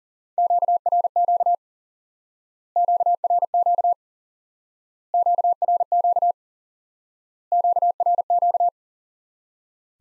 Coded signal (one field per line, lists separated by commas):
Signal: Morse code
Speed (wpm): 40 wpm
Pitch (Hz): 700 Hz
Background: none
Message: QRQ QRQ QRQ QRQ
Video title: Course 3 - Lesson 50 - QRQ - Introduce New Element